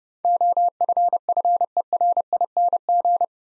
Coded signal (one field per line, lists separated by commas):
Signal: Morse code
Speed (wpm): 30 wpm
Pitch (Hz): 700 Hz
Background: none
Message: OFFERING